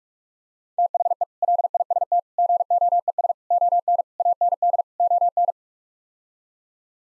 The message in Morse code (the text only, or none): THE LIST GOES ON AND ON